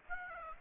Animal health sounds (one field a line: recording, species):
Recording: mosquito wingbeat signal from an infrared sensor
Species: Aedes aegypti